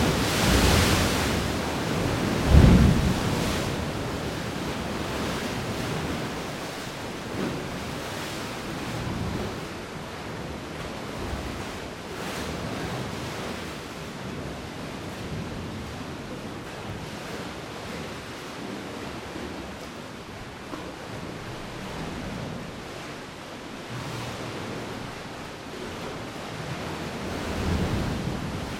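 Surf rolls in on a warm afternoon at the tip of a peninsula, a steady, dense wash of water with a louder break near the start at about three seconds. Softer swells rise and fall through the rest, with some wind buffeting the microphone.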